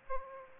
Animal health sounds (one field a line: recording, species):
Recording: mosquito wingbeat signal from an infrared sensor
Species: Aedes aegypti